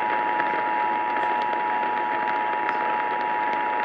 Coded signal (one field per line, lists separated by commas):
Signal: Emergency Alert System (SAME) tones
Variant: 853 and 960 Hz attention tone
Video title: New York Capital District August 2021 RMT(EAS 1,753)